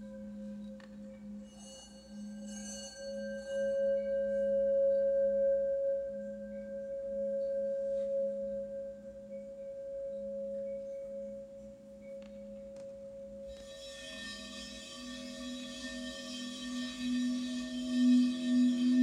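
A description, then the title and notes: Healing bowls ring with a steady, pure drone that pulses slowly in waves of loudness. Faint shimmering overtones flicker in the first few seconds, and from about 13 seconds a brighter hiss and a rising higher tone build, growing louder toward the end. HEALING BOWLS FOR LAKE COUNTY.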